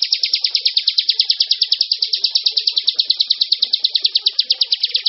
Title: Suara Burung Ciblek